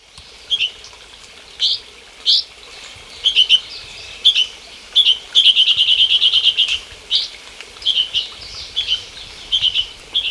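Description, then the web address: Russet-crowned warbler song: bright, high chirped notes in short bursts, with a rapid trilled run in the middle and scattered single notes between. Recorded in Ecuador. "Natures Songs S America Birds of Ecuador. Russet-Crowned Warbler"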